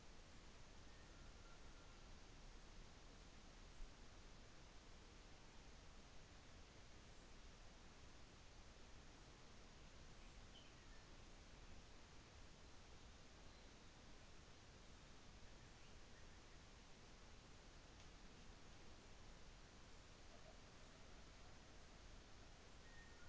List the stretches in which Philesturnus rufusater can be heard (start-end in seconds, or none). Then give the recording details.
none. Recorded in New Zealand on 24 December 2018. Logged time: 17:00